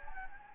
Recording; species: mosquito wingbeat signal from an infrared sensor; Anopheles gambiae